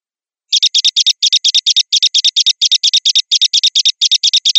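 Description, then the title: Java sparrow song of short, clicking high notes in quick small clusters, ticking along steadily for about four seconds. Chirping song. "kicau gelatik"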